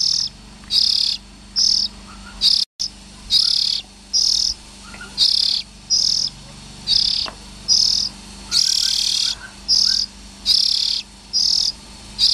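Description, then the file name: Oriental magpie-robin repeating short scratchy hisses roughly every second, a steady run of rasps with faint whistles and a low hum behind. Young birds. "Tieng chim chich choe than non"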